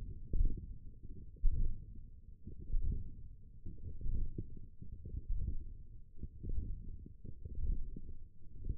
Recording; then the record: forearm muscle sounds (acoustic myography)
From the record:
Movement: hand closing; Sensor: system 1, eight BSWA MPA416 microphones around the upper forearm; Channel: 3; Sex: female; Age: 20 years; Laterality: right